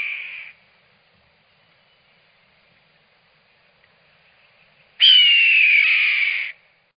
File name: Red tailed Hawk